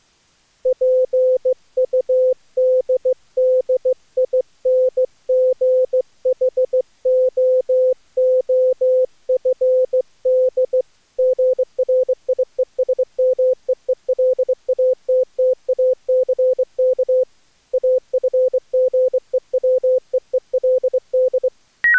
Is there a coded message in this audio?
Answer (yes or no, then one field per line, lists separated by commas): yes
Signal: Morse code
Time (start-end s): 0.7-21.5 s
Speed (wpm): 24 wpm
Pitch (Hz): 500 Hz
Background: none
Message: PUDDINGHOOFD GRIESMEELATTACK AFGEWEELD